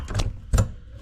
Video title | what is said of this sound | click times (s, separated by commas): Sink Repair: 836 E 236th St | That just clicks into place. Boom, done. | 0.2 s, 0.6 s